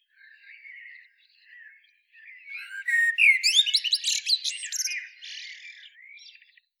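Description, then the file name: Common blackbird song, soft low warbling that builds into a loud, squeaky twittered flourish in the middle, then fades. "Turdus merula"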